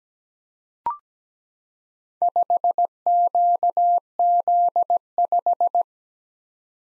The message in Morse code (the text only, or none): 5QZ5